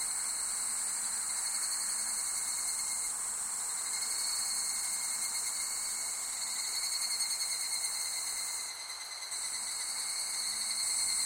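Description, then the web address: Insects shrilling in a continuous high buzzy chorus; one voice drops out briefly near the end before the dense trilling resumes. Summer ambience of insects in Japan. "Sound Effects-Foundation 1 AMBIENCE JAPANESE SUMMER INSECTS"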